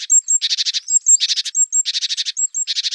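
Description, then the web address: Great tit calling: thin, high whistled notes alternate with buzzy, rapid rattling bursts, the pattern repeating several times. "Parus major"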